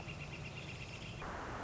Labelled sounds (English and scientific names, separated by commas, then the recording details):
Northern Flicker (Colaptes auratus)
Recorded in Sonoma County, California